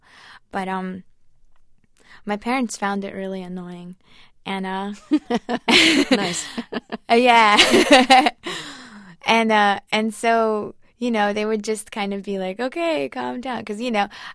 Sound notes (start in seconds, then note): 5.0 laughter; 7.4 laughter